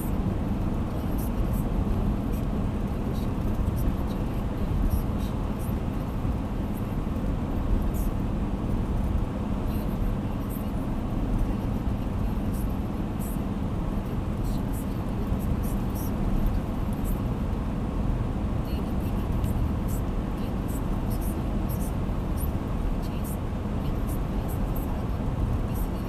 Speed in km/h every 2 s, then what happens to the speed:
98, 98, 98, 99, 98, 99, 99, 99, 99, 98, 97, 97, 96.
0-26 steady at about 98.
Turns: none.